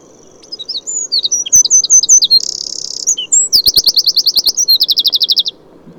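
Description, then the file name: Eurasian wren song, very high and loud, rapid notes, a buzzy rattle, then a long fast trill of repeated notes ending abruptly. "Troglodytes troglodytes"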